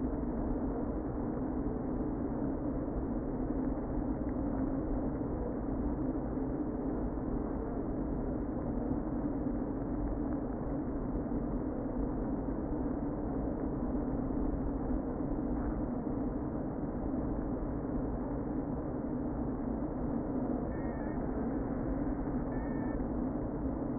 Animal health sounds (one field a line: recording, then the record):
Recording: honeybee colony, microphone inside the hive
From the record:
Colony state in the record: queen present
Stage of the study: before two queens were removed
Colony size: about 60,000 bees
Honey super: yes